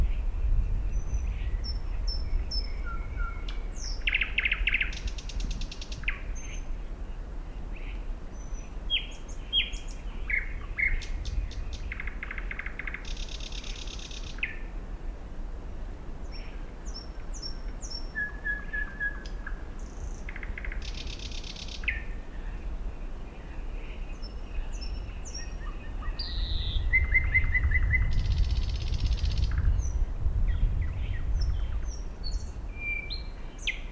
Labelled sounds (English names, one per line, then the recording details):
Thrush Nightingale song
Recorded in the wild
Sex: male
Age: adult
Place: Kützerhof, Kummerower See, Mecklenburg-Vorpommern, DE
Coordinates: 53.855, 12.8867
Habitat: alder marsh
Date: 2009-05-06 23:10
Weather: cloudy, 10°C, almost no wind
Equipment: Sound Devices 702, Sennheiser MKH 70, Rycote Windschutz
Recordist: Frommolt, Karl-Heinz
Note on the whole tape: Erlenbruchwald an Peene: Gesang eines Sprossers. Entfernung ca. 20 m